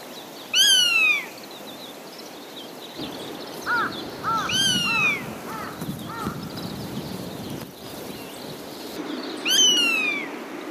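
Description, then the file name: Eastern buzzard mewing calls, three loud descending mews about four to five seconds apart, with softer short sounds between over background noise. "nosuri"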